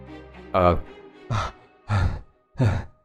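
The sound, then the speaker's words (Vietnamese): Four loud, exaggerated breaths in a steady rhythm, each a heavy, airy huff with a rough voiced edge, separated by short pauses, with no talking. “Thì mày kêu tao thở.”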